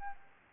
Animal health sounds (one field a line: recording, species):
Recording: mosquito wingbeat signal from an infrared sensor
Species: Aedes albopictus